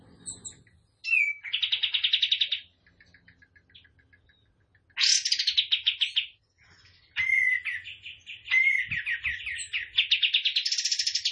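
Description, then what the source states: Bird song in long fast buzzy trills of rapidly repeated notes, several bursts a few seconds long separated by short pauses, some opening with a sharp whistled note. Masteran tembakan gacor song for training cage birds.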